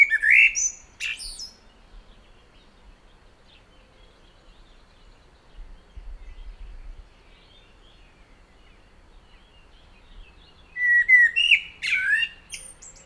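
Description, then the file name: Common blackbird song: a rich fluted phrase ending in a squeaky twitter, a long quiet gap with faint birds, then another mellow warble with a high chattering tail. "Turdus merula"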